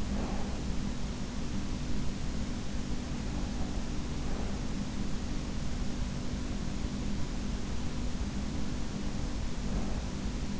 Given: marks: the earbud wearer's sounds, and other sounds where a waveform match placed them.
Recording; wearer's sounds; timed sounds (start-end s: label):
sounds in sleep by an in-ear microphone; breath
0.00-1.14 s: breath
9.63-10.60 s: breath